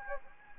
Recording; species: mosquito wingbeat signal from an infrared sensor; Anopheles gambiae